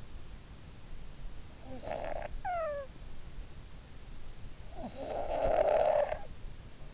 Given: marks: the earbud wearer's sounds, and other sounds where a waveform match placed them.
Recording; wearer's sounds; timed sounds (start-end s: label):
sounds in sleep by an in-ear microphone; snoring breath
1.00-3.40 s: snoring breath
4.20-6.83 s: snoring breath